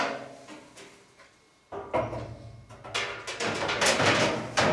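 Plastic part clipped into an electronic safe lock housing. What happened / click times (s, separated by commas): Handled, not yet home: lock component not yet clipped into place / none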